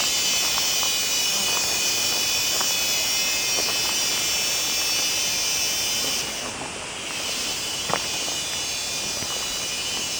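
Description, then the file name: Cicadas in a steady, shrill, high buzzing drone that softens briefly midway, then resumes. "Zikaden"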